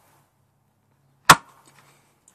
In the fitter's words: you're sliding it back in you can hear it click